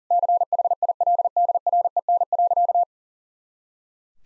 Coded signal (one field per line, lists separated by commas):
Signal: Morse code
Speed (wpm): 40 wpm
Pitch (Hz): 700 Hz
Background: none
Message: CHILDREN.